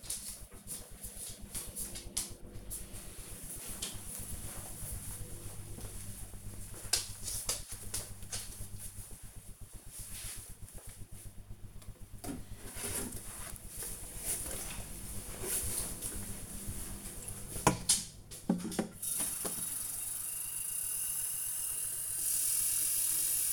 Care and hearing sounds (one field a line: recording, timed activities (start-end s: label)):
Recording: household activities, microphone on the right wrist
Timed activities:
11.07-23.53 s: watering plant